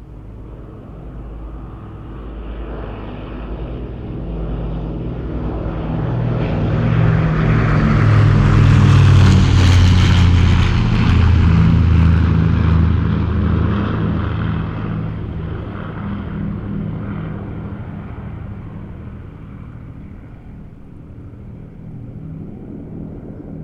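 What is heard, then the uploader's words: A low-flying propeller aircraft approaches, passes overhead around nine to ten seconds with a deep droning roar, then recedes. The engine's low hum swells steadily and fades, with a brighter rushing edge at its loudest moment. Sat by the cricket pitch in the village. Low flying aircraft.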